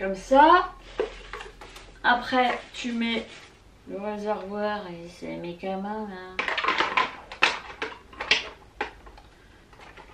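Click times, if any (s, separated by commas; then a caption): 7.4 s. A plastic collecting reservoir is fitted onto a manual fry slicer while someone talks. Light plastic knocks and rattles build up from about 6.4 s, then a sharp plastic snap at 7.4 s marks the reservoir clipping in and seating on the slicer body. A further knock follows at about 8.3 s.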